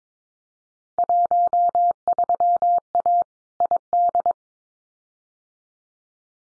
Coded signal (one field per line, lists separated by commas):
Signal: Morse code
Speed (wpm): 22 wpm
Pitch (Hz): 700 Hz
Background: none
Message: 13A ID